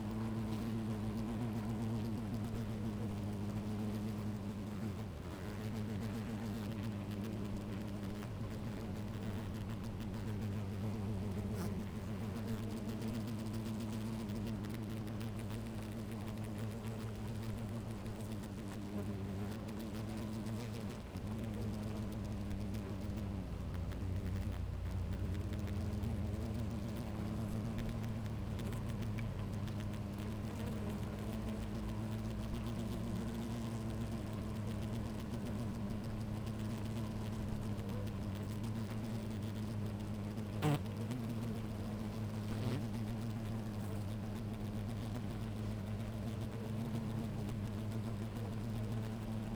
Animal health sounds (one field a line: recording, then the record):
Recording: honeybee colony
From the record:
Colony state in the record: active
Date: 28 July 2017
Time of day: 10:50